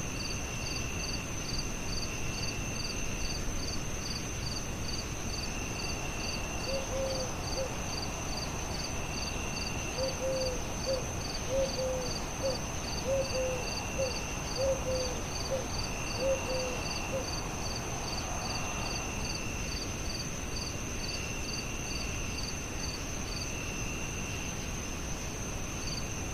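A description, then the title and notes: Night crickets trill steadily in bright layered pulses, with a low rumble beneath and a soft hooting call around ten to seventeen seconds. The air is alive with the soothing melody of singing crickets that reverberates through the stillness of the night. The backdrop of this moonlit scene is embellished by the distant hoots of an owl, a wise guardian of the night.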